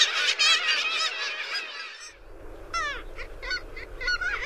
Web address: Songs of Birds of North America Stokes. Black-legged Kittiwake